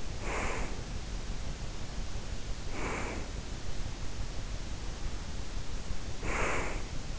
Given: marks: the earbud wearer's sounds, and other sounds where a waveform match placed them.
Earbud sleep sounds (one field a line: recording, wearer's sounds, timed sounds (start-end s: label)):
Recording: sounds in sleep by an in-ear microphone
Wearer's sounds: breath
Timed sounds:
0.00-0.97 s: breath
2.46-3.47 s: breath
6.01-7.11 s: breath